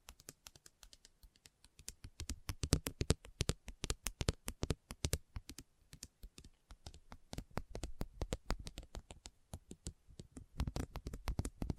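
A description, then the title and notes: A Christmas trigger assortment of quick, crisp tapping and clicking, dense and irregular like fingers drumming on hard objects. The taps come in rapid bursts with brief pauses, sharp and bright, some heavier knocks landing lower, with near silence between strokes. Christmas Trigger Assortment (No Talking).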